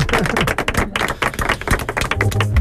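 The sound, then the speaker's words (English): One person claps their hands in a quick, steady series of sharp, crisp smacks, loud and continuous for a couple of seconds, with no voices. “Applaudo io da solo, cosa dite?”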